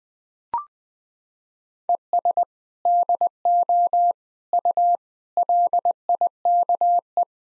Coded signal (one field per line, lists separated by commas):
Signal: Morse code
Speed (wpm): 21 wpm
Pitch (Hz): 700 Hz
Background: none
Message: ES DO U LIKE